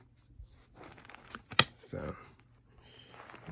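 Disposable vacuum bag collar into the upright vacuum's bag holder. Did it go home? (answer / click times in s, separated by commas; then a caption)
yes / 1.6 s. A thick disposable bag's collar is pushed onto the bag holder inside a 2011 Oreck XL Signature 2 upright vacuum, with soft rustling and small taps before it clicks home with a sharp, loud snap at 1.6 s. The bag is seated, and someone talks afterward.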